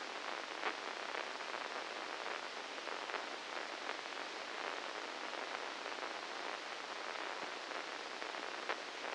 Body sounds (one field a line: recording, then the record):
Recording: brain microelectrode recording played as sound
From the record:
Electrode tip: inside the subthalamic nucleus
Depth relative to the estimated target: -2 mm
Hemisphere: left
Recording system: NeuroSet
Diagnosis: Parkinson's disease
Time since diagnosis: 9 years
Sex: male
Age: 61 years